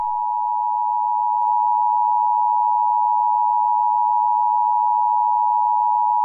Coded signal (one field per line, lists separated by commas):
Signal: Emergency Alert System (SAME) tones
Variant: 853 and 960 Hz attention tone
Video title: EAS Comedy: Evil Santa Alert